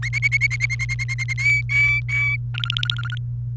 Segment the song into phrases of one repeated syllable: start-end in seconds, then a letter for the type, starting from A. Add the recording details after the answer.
0.02-1.04 A, 1.08-1.14 B, 1.18-1.33 A, 1.38-2.36 C, 2.54-3.18 D. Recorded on 28 April 2018 at 15:28. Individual llb3